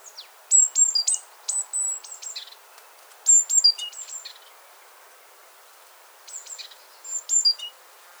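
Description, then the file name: Great tit calls: bursts of very high, thin, sharp chirping notes in quick clusters, pausing between bursts, over a quiet background. "Parus major"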